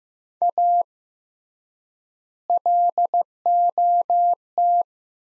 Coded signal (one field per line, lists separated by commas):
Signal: Morse code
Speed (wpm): 15 wpm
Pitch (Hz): 700 Hz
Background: none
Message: A LOT